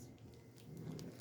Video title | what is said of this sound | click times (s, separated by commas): ostomy bag change | she got one click ear at the top there so | 1.0 s